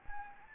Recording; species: mosquito wingbeat signal from an infrared sensor; Anopheles gambiae